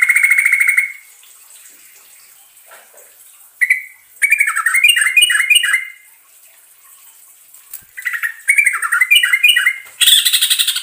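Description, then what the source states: Bulbul singing two rapid bubbly rolling phrases of falling, liquid notes, with silent gaps between; a harsh noisy burst at the end and a constant high hiss. Trucukan song in the ropelan style, with a long roll (ngerol panjang).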